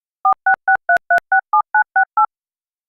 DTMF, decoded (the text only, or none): 4663367968